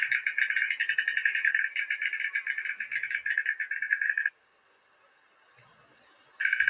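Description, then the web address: White stork giving a rapid dry rattle of fast clicking pulses for about four seconds, then a pause and the rattle starting again, over a steady high hiss. "Cegonha Branca"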